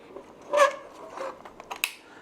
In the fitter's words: okay you heard that snap that snapped on very easily